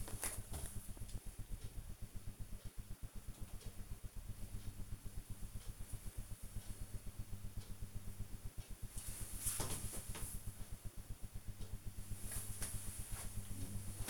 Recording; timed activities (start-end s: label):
household activities, microphone on the right wrist
none